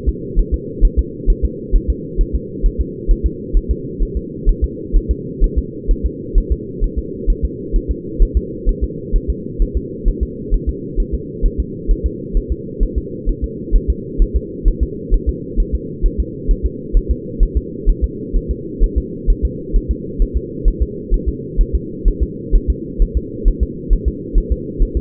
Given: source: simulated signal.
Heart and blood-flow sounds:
fetal heart sounds
0.09 s: S2
0.39 s: S1
0.54 s: S2
0.85 s: S1
0.99 s: S2
1.30 s: S1
1.45 s: S2
1.75 s: S1
1.90 s: S2
2.21 s: S1
2.35 s: S2
2.66 s: S1
2.81 s: S2
3.11 s: S1
3.26 s: S2
3.57 s: S1
3.71 s: S2
4.03 s: S1
4.17 s: S2
4.49 s: S1
4.64 s: S2
4.96 s: S1
5.11 s: S2
5.44 s: S1
5.58 s: S2
5.91 s: S1
6.06 s: S2
6.38 s: S1
6.52 s: S2
6.84 s: S1
6.99 s: S2
7.30 s: S1
7.45 s: S2
7.76 s: S1
7.91 s: S2
8.22 s: S1
8.37 s: S2
8.69 s: S1
8.84 s: S2
9.16 s: S1
9.30 s: S2
9.62 s: S1
9.77 s: S2
10.08 s: S1
10.23 s: S2
10.54 s: S1
10.69 s: S2
11.00 s: S1
11.15 s: S2
11.46 s: S1
11.60 s: S2
11.91 s: S1
12.06 s: S2
12.37 s: S1
12.52 s: S2
12.83 s: S1
12.98 s: S2
13.29 s: S1
13.44 s: S2
13.76 s: S1
13.90 s: S2
14.22 s: S1
14.37 s: S2
14.68 s: S1
14.83 s: S2
15.14 s: S1
15.29 s: S2
15.60 s: S1
15.75 s: S2
16.06 s: S1
16.20 s: S2
16.51 s: S1
16.66 s: S2
16.97 s: S1
17.11 s: S2
17.43 s: S1
17.57 s: S2
17.89 s: S1
18.04 s: S2
18.37 s: S1
18.51 s: S2
18.84 s: S1
18.98 s: S2
19.30 s: S1
19.45 s: S2
19.76 s: S1
19.91 s: S2
20.22 s: S1
20.37 s: S2
20.68 s: S1
20.82 s: S2
21.14 s: S1
21.29 s: S2
21.61 s: S1
21.75 s: S2
22.08 s: S1
22.23 s: S2
22.56 s: S1
22.70 s: S2
23.02 s: S1
23.17 s: S2
23.48 s: S1
23.63 s: S2
23.93 s: S1
24.08 s: S2
24.38 s: S1
24.52 s: S2
24.82 s: S1
24.97 s: S2
From the record:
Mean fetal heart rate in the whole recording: 130 bpm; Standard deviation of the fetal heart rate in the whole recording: 2 bpm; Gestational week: 38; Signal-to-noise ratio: -4.1 dB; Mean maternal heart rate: no maternal heart sound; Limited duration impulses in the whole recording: absent

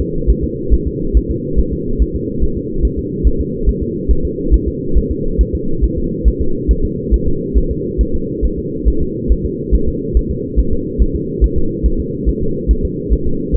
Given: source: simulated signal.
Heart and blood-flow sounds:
fetal heart sounds
0.01 s: S2
0.30 s: S1
0.44 s: S2
0.74 s: S1
0.87 s: S2
1.17 s: S1
1.31 s: S2
1.59 s: S1
1.73 s: S2
2.02 s: S1
2.16 s: S2
2.44 s: S1
2.57 s: S2
2.85 s: S1
2.99 s: S2
3.27 s: S1
3.41 s: S2
3.69 s: S1
3.82 s: S2
4.11 s: S1
4.25 s: S2
4.54 s: S1
4.68 s: S2
4.97 s: S1
5.11 s: S2
5.41 s: S1
5.55 s: S2
5.84 s: S1
5.98 s: S2
6.28 s: S1
6.41 s: S2
6.71 s: S1
6.85 s: S2
7.14 s: S1
7.28 s: S2
7.57 s: S1
7.71 s: S2
8.01 s: S1
8.15 s: S2
8.45 s: S1
8.59 s: S2
8.88 s: S1
9.02 s: S2
9.32 s: S1
9.45 s: S2
9.75 s: S1
9.88 s: S2
10.17 s: S1
10.31 s: S2
10.59 s: S1
10.73 s: S2
11.02 s: S1
11.16 s: S2
11.44 s: S1
11.58 s: S2
11.86 s: S1
12.00 s: S2
12.29 s: S1
12.42 s: S2
12.71 s: S1
12.85 s: S2
13.13 s: S1
13.27 s: S2
13.56 s: S1
From the record:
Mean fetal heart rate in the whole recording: 140 bpm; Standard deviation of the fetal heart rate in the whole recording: 2 bpm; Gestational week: 34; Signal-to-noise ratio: -8.1 dB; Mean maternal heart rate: 72 bpm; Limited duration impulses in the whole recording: absent

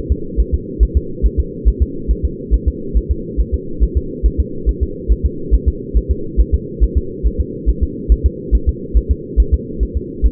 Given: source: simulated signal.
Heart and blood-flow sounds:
fetal heart sounds
0.12 s: S2
0.40 s: S1
0.54 s: S2
0.83 s: S1
0.97 s: S2
1.26 s: S1
1.40 s: S2
1.68 s: S1
1.82 s: S2
2.11 s: S1
2.25 s: S2
2.54 s: S1
2.68 s: S2
2.97 s: S1
3.11 s: S2
3.40 s: S1
3.54 s: S2
3.83 s: S1
3.97 s: S2
4.26 s: S1
4.40 s: S2
4.69 s: S1
4.83 s: S2
5.12 s: S1
5.26 s: S2
5.54 s: S1
5.68 s: S2
5.97 s: S1
6.11 s: S2
6.40 s: S1
6.54 s: S2
6.83 s: S1
6.97 s: S2
7.26 s: S1
7.40 s: S2
7.69 s: S1
7.83 s: S2
8.12 s: S1
8.26 s: S2
8.55 s: S1
8.69 s: S2
8.97 s: S1
9.11 s: S2
9.40 s: S1
9.54 s: S2
9.83 s: S1
9.97 s: S2
10.26 s: S1
From the record:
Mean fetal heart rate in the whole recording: 140 bpm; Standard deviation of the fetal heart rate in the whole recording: 2 bpm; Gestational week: 34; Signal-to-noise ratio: -4.3 dB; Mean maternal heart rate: 72 bpm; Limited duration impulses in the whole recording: absent

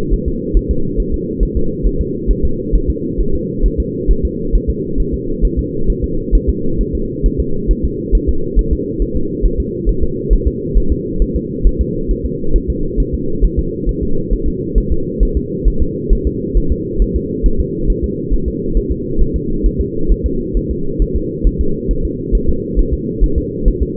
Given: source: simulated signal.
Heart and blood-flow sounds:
fetal heart sounds
0.14 s: S1
0.28 s: S2
0.57 s: S1
0.71 s: S2
1.00 s: S1
1.14 s: S2
1.43 s: S1
1.57 s: S2
1.87 s: S1
2.01 s: S2
2.31 s: S1
2.45 s: S2
2.75 s: S1
2.90 s: S2
3.20 s: S1
3.35 s: S2
3.66 s: S1
3.80 s: S2
4.11 s: S1
4.25 s: S2
4.55 s: S1
4.70 s: S2
5.00 s: S1
5.14 s: S2
5.45 s: S1
5.59 s: S2
5.90 s: S1
6.04 s: S2
6.35 s: S1
6.50 s: S2
6.81 s: S1
6.95 s: S2
7.26 s: S1
7.40 s: S2
7.71 s: S1
7.85 s: S2
8.15 s: S1
8.29 s: S2
8.59 s: S1
8.73 s: S2
9.02 s: S1
9.16 s: S2
9.46 s: S1
9.60 s: S2
9.89 s: S1
10.04 s: S2
10.33 s: S1
10.48 s: S2
10.77 s: S1
10.92 s: S2
11.22 s: S1
11.36 s: S2
11.67 s: S1
11.81 s: S2
12.11 s: S1
12.25 s: S2
12.56 s: S1
12.70 s: S2
13.00 s: S1
13.14 s: S2
13.45 s: S1
13.59 s: S2
13.89 s: S1
14.03 s: S2
14.33 s: S1
14.48 s: S2
14.78 s: S1
14.92 s: S2
15.23 s: S1
15.37 s: S2
15.68 s: S1
15.82 s: S2
16.13 s: S1
16.27 s: S2
16.57 s: S1
16.72 s: S2
17.02 s: S1
17.16 s: S2
17.46 s: S1
17.60 s: S2
17.90 s: S1
18.04 s: S2
18.34 s: S1
18.48 s: S2
18.77 s: S1
18.92 s: S2
19.22 s: S1
19.36 s: S2
19.66 s: S1
19.81 s: S2
20.12 s: S1
20.26 s: S2
20.57 s: S1
20.71 s: S2
21.02 s: S1
21.16 s: S2
21.47 s: S1
21.61 s: S2
21.91 s: S1
22.05 s: S2
22.35 s: S1
22.49 s: S2
22.79 s: S1
22.94 s: S2
23.24 s: S1
23.38 s: S2
23.68 s: S1
23.82 s: S2
From the record:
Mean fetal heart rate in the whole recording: 135 bpm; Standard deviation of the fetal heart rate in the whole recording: 3 bpm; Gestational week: 36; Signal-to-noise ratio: -8.1 dB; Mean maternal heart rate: 72 bpm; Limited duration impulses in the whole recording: present

